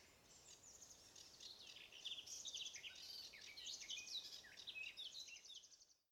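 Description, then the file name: Sedge warbler song, a fast continuous chatter of varied scratchy notes, whistles and rapid trills running without pause. "Acrocephalus schoenobaenus - Sedge Warbler"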